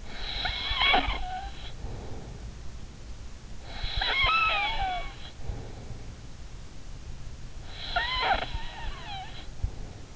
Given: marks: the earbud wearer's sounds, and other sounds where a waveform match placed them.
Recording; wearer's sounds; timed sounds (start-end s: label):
sounds in sleep by an in-ear microphone; snoring breath
0.00-2.52 s: snoring breath
3.60-6.17 s: snoring breath
7.67-10.16 s: snoring breath